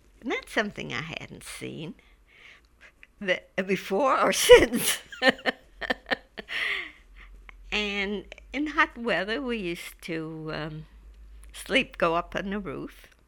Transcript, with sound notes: and that's something I hadn't seen before or since. ( she laughs ) And in hot weather we used to sleep, go up on the roof.